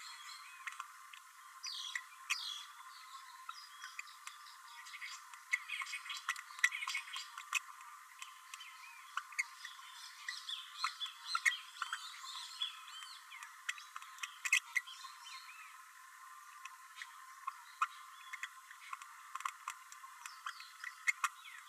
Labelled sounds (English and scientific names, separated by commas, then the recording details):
Green-rumped Parrotlet (Forpus passerinus) babbling
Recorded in a nest box in Venezuela
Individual 18B12A3